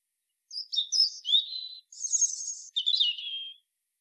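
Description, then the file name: European robin song: sweet, high, rapidly changing phrases with slurred whistles and a very high shimmering middle part, clean quiet background. "Erithacus rubecula"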